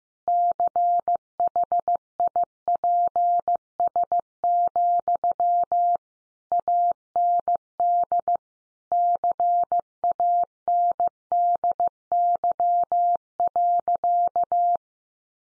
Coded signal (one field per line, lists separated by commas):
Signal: Morse code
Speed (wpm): 15 wpm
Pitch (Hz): 700 Hz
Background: none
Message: CHIPS, AND CANDY.